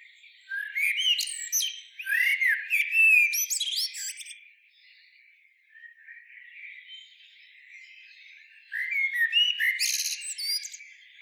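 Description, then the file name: Common blackbird song, with two full phrases of rounded whistles topped by shrill twitters. One comes at the start and one after a quiet gap of several seconds. "Turdus merula"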